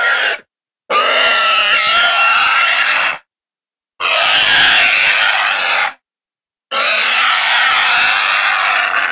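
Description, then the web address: Wild boar distress squeals, a brief squeal and then three long rasping screams of two seconds or more with brief pauses between, rough and noisy. "pigs Wild Hog Distress"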